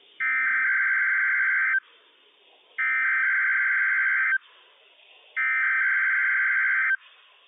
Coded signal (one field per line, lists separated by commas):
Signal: Emergency Alert System (SAME) tones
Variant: header bursts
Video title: Required Weekly Test - WWF56 - EAS #36 - 10:31 AM PST 1/7/21